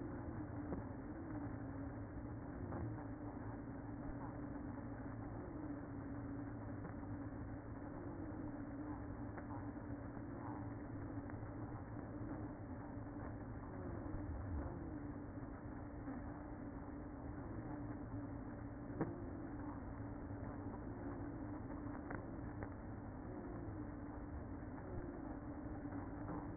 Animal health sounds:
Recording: honeybee colony, microphone inside the hive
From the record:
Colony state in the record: queen present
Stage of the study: after two queens were removed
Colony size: about 60,000 bees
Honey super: yes

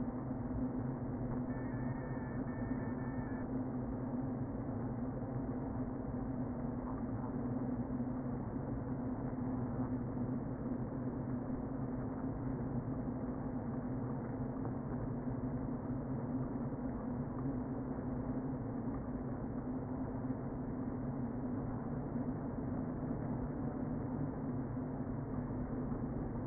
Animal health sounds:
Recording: honeybee colony, microphone inside the hive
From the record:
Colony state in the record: queen present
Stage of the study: before two queens were removed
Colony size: about 60,000 bees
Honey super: yes

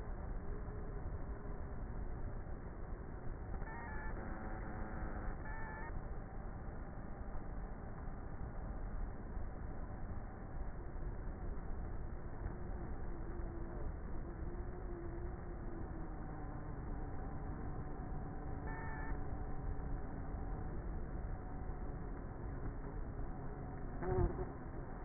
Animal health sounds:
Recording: honeybee colony, microphone inside the hive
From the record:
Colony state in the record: queenless with a low population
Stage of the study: before two queens were removed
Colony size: about 30,000 bees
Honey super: no

